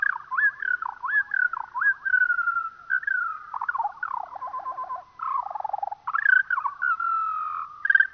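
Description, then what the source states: Eurasian skylark song, slowed down: a stream of looping, wavering trills and buzzy warbles, dipping lower midway before climbing back into brighter rolling phrases. Played slowed down.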